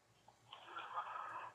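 A single rough, noisy breath sound builds over about a second: a snore from an adult who is asleep, heard over a phone line.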